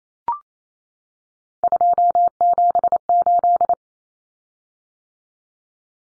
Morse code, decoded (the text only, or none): 278